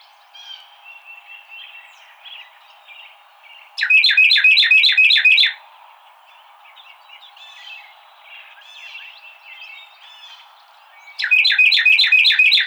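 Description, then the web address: Carolina wren song: two loud bursts of rapid rolling phrases, several quick repeated notes each, separated by softer chattering and twittering in between, the second burst running to the end. Recorded 26 March 2007. "Carolina Wren 2007 03 26"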